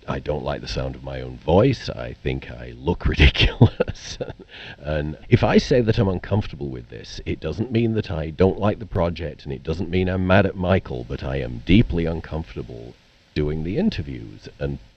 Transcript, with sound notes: I don't like the sound of my own voice. I think I look ridiculous (laughter). And if I say that I'm uncomfortable with this, it doesn't mean that I don't like the project, and it doesn't mean I'm mad at Michael. But I am deeply uncomfortable doing the interviews.